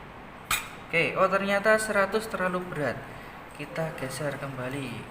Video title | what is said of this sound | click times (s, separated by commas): BELAJAR DARI RUMAH -- ALAT UKUR ( MIKROMETER, JANGKA SORONG, NERACA, STOP WATCH) KELAS 7 | Kita geser ke arah 100 sampai ada bunyi tek ketika di angka 100. | 0.5 s